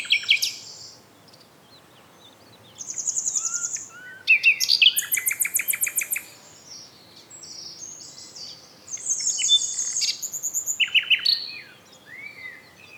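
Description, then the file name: Common nightingale singing varied phrases: high whistles, dry rattling trills and fast repeated notes, with short gaps between bursts. "Luscinia megarhynchos"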